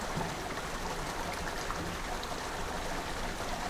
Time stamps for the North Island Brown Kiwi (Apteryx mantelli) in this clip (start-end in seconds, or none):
none